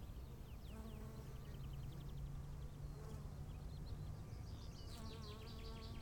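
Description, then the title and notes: Bee buzzing as a droning hum, with bird chirps and wind. Recorded at 15:15 on a field path to the Bruder-Klaus chapel, Wachendorf, with birds, wind and stillness. "15:15 feldweg zur bruder-klaus-kapelle, bienen, vögel, wind, stille. wachendorf, feldweg"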